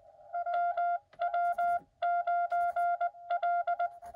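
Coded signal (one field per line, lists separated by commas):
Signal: Morse code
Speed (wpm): 20 wpm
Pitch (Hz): 700 Hz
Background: none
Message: WW9L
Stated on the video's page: Cootie (sideswiper) keyed POTA activation in rain, Xiegu X6100 at 5 watts into 20M and 40M hamsticks; park-to-park contacts included.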